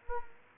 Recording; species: mosquito wingbeat signal from an infrared sensor; Anopheles arabiensis